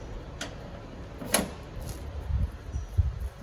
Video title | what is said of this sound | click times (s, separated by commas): 2025 FOREST RIVER 260BHLE STK# 13997 | pushing it locked into place. | 0.4 s, 1.3 s